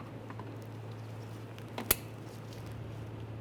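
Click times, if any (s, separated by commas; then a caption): 1.9 s. The second fog lamp wiring harness connector on a 2012-2018 Nissan Altima fog light kit is pushed into its plastic mating connector. Over a steady low hum, faint ticks and a light tap lead into a sharp, bright click at 1.9 s. The connector is confirmed seated.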